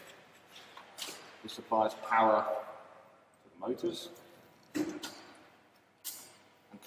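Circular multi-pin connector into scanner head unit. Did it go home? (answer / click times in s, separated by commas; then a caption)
yes / 4.8 s. A circular multi-pin connector is plugged into the head unit of a Truflux digital tank inspection scanner, which powers the motors, while someone talks. A short sharp click at 4.8 s marks the connector seating into place.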